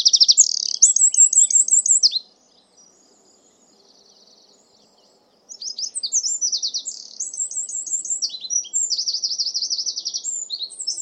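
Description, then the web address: Bird song: very high chirps and fast repeated trilled notes in a short burst, a quiet gap, then a longer varied run of notes. "Deverinetal 2025 File origin Bird Only"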